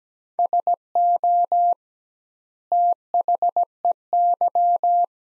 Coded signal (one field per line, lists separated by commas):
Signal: Morse code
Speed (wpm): 17 wpm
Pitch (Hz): 700 Hz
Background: none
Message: SO THEY